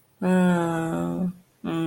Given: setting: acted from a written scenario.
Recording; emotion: vocal sound without words; neutral